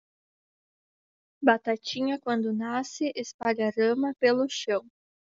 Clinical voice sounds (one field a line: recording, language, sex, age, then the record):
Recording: short text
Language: Brazilian Portuguese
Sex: female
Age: 20 to 29 years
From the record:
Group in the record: control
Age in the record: 27 years